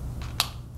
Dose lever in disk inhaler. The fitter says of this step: you will hear a click